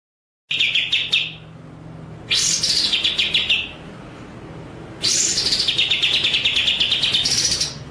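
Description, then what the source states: White-rumped shama song: stuttered buzzy trills near mid pitch alternating with bright, harsh high bursts, three phrases separated by short pauses, with a faint low hum underneath. Masteran (training) track of full song in the ngerol (rolling) and nembak (shooting) styles.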